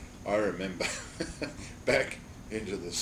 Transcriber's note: laughs